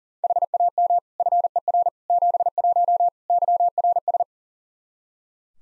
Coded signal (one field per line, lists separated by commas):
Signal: Morse code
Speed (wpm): 40 wpm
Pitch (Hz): 700 Hz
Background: none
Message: HAM FER 71 YRS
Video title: Practice QSO - Exchange 3- More Info - 40wpm